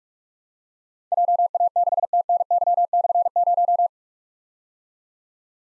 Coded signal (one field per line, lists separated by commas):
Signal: Morse code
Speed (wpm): 44 wpm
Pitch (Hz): 700 Hz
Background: none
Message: JA6TNY/0